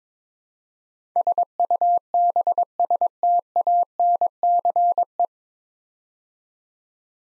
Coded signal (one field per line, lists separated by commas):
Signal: Morse code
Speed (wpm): 22 wpm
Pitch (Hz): 700 Hz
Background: none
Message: SUBSTANCE